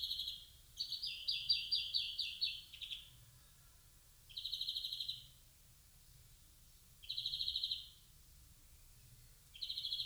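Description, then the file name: European greenfinch uttering a twittering trill followed by three long buzzy wheezes spaced about three seconds apart. "Chloris chloris"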